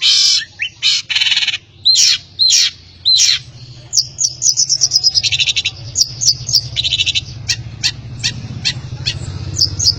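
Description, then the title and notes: Long-tailed shrike song: harsh, scratchy bursts and rasping notes early, then a fast stream of short chattering and clicking notes, over a low steady hum. Masteran tutor recording of bird song, used for training cage birds. "cendet. Bermacam macam suara kicauan burung Masteran"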